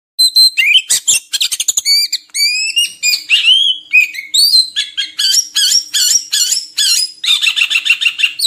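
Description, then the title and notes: Oriental magpie-robin song, dense rattling chirps followed by clear rising whistles and varied sweet notes, nearly continuous throughout. Long-duration filler song (isian) for training magpie-robins to sing frequently, day and night. "Kacer Jadi Gacor Siang Malam. Isian Kacer Durasi Panjang"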